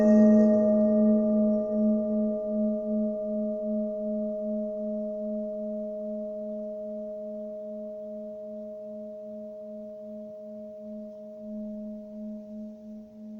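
A Tibetan bell is struck once at the start and left to ring, a steady low hum with several clear overtones above it. The tone pulses slowly in a gentle wobble as it fades gradually over the thirteen seconds, the brighter upper ring dying away first.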